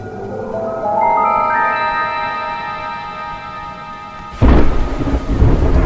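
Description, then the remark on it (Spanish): Sustained tones stack up one after another into a swelling chord. After about four seconds, a sudden loud roar of thunder and heavy rain breaks in and fills the rest. “¿Otra vez el agua?”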